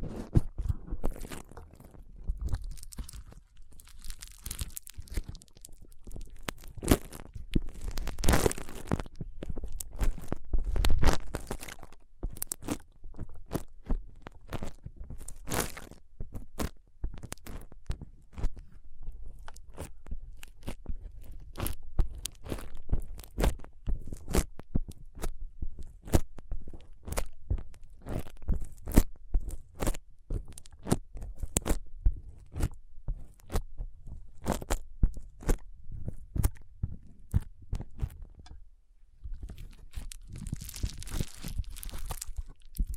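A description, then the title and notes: Foam is squeezed and rubbed, making a dense, rapid stream of dry crunching and crackling. The pace stays busy throughout, swelling louder around eight to eleven seconds and pausing briefly near thirty-nine seconds. ASMR Powerful Foam Brain Massage.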